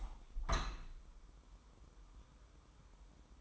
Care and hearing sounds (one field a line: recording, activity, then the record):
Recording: daily activity, microphone in the room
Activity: open window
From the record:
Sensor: 1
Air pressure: 1000.4 hPa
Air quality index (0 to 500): 247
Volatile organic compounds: 140 ppm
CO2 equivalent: 3978 ppm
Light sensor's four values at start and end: 10/25/10/11 and 11/27/11/11